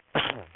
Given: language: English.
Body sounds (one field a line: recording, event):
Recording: throat vibration sensor signal played as sound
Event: cough